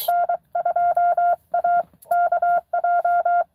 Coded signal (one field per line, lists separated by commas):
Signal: Morse code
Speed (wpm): 23 wpm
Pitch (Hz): 700 Hz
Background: none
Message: N2AKJ